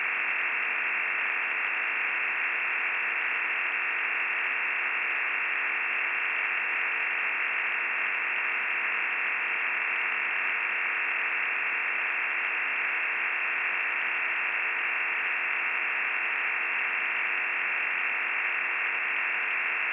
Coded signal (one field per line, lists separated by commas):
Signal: digital SSTV (DRM)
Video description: MELBOURNE "EASYPAL" ham radio digital slow scan TV net audio log